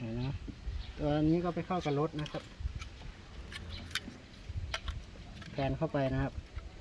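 Someone talks while handling the plug-in wiring harness connector of a plug-and-play mirror-fold module for a Honda CR-V or Civic 2016+, lining it up with the car's mirror wiring plug. A few short, sharp taps and handling noises occur between the bursts of speech. The connector has not seated or clicked into place yet.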